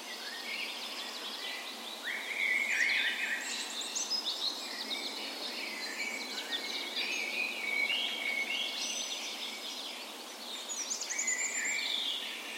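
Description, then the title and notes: Birds (dawn chorus): assorted birds in thick layers of trills, whistles and chattering notes, dipping briefly in loudness late on before rising again. Dawn chorus in a park west in Bergen, Norway, on the morning of 17 May, Norway's National Day, in full spring; Sony PCM A10 recorder with LOM Usi microphones mounted as tree ears. "17th Of May Dawn Chorus. Recorded on the morning of Norways National Day the 17th of May in a park west in Bergen. Spring is in full effect, and the dawn chorus sounds wonderful!"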